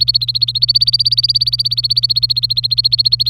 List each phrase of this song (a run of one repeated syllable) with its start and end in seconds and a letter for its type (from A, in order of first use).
0.00-3.29 A